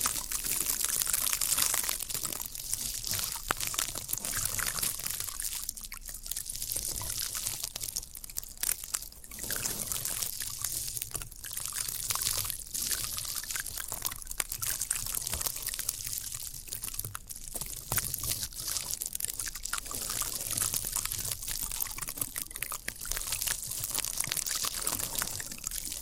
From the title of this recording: Satisfying Tingle Stimulating Floral Foam Sounds